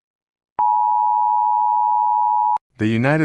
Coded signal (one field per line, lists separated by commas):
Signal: Emergency Alert System (SAME) tones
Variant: 853 and 960 Hz attention tone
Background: speech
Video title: The Z Virus - an EAS scenario